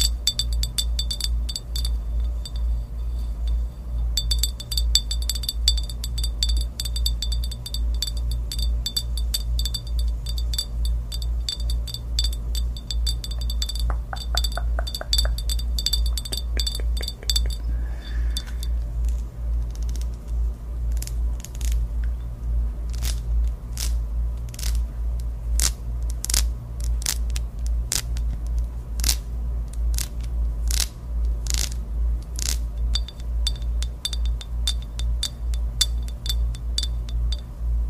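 Long nails tap and scratch across various objects, giving quick, bright clicks in irregular bursts, densest in the first half and sparser, sharper taps after about 20 seconds. A steady low hum runs underneath throughout, with a few faint clinking, rattling touches.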